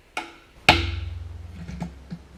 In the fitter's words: when this is done right you're gonna hear a click that sounds something like this